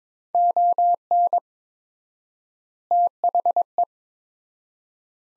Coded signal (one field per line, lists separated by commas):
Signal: Morse code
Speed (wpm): 21 wpm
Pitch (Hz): 700 Hz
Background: none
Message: ON THE